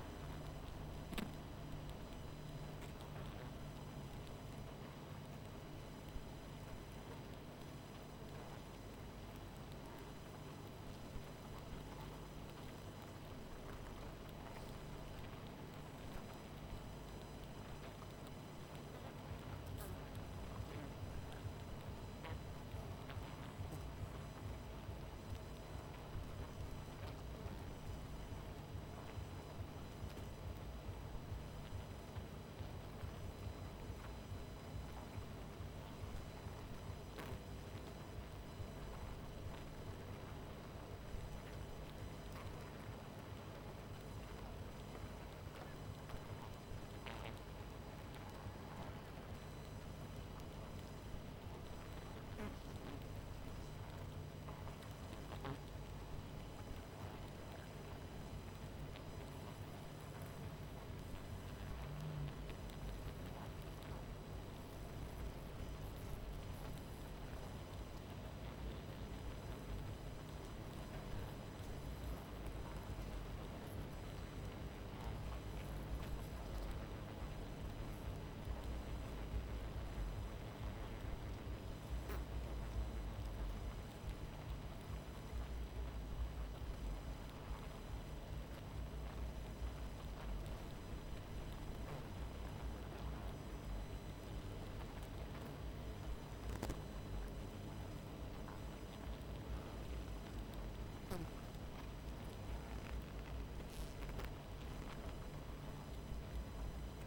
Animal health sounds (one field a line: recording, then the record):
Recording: honeybee colony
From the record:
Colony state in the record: missing queen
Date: 14 July 2017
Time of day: 23:40